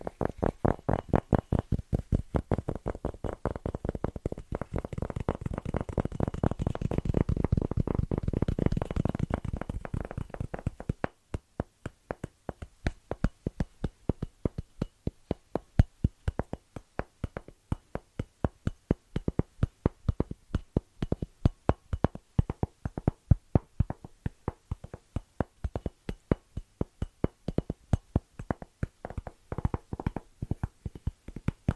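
Fast, rhythmic tapping runs throughout as a dense stream of sharp, clicky hits. For the first ten seconds the taps are louder and fuller with a deeper body; after that they turn lighter and drier, still quick but slightly more uneven.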